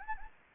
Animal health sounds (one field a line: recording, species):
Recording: mosquito wingbeat signal from an infrared sensor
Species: Anopheles gambiae